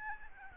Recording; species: mosquito wingbeat signal from an infrared sensor; Aedes albopictus